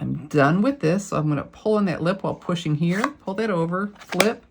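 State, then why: Not seated. Someone talks while pulling the lid of a plastic ink pad case over by its lip and flipping it toward closed, so the stamp pad won't dry out. Nothing has seated or clicked yet.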